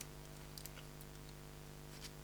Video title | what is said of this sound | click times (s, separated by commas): MONTAGE KIT XPRESS FT1S PAGE 10 a 14 | On clipse pas. | none